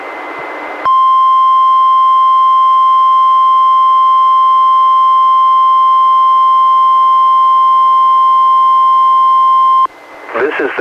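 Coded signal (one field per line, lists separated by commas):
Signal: Emergency Alert System (SAME) tones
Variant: 1050 Hz attention tone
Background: speech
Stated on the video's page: NOAA Weather Radio Required Weekly Tests from NWS Portland relayed by the Astoria transmitter, recorded from a Reecom R-1630 weather radio via Zoom H1 recorder.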